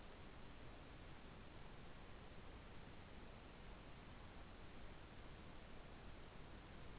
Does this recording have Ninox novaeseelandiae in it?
no